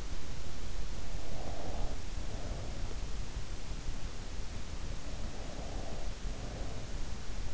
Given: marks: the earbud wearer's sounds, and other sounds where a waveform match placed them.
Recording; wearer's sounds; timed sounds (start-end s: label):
sounds in sleep by an in-ear microphone; breath
1.30-2.87 s: breath
5.14-7.10 s: breath